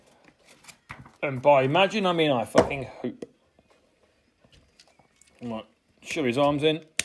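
Someone talks while moving the arms of a Warbotron Heavy Noisy Brawl plastic transforming robot figure into position, with faint handling taps and ticks from the arm ratchet joint between the words. The clip ends before the joint reaches its limit, so nothing has seated or clicked home yet.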